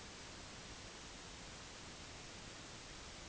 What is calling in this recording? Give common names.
none